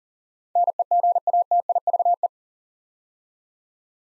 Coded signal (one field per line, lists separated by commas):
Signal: Morse code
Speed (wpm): 38 wpm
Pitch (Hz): 700 Hz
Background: none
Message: NEGATIVE